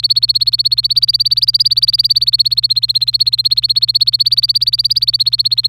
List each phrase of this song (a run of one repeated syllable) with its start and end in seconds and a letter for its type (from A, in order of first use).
0.00-5.69 A